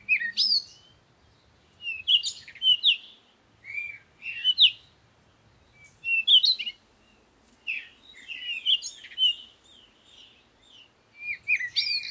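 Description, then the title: Birds singing, lively chirps and twitters in frequent bursts, some overlapping, over faint low background sound. Morning birds recorded in nature while on vacation, used for a meditation. "Morning Birds Meditation - Spiritually Fit with Amelia Andaleon"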